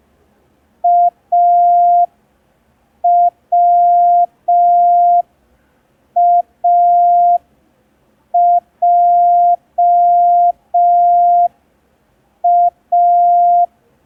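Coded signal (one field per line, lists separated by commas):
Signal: Morse code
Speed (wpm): 5 wpm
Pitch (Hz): 700 Hz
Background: none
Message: AWAJA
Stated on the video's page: Day 3 of a ten-day Morse code learning tutorial.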